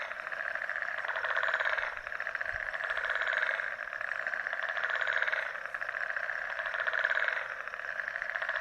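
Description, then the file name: Frog chorus of dense, rapid pulsed croaks that swell and fade in waves roughly every two seconds, many callers overlapping. Frog chorus recorded in Mauritius. "Mauritius Frog Symphony"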